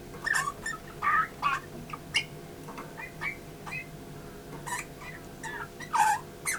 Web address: SETE data Pyrrhula pyrrhula